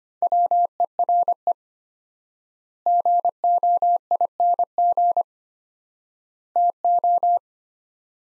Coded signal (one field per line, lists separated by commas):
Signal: Morse code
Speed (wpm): 25 wpm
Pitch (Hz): 700 Hz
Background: none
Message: WERE GOING TO